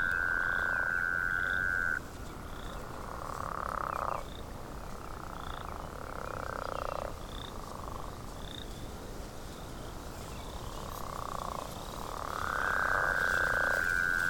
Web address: l pipiens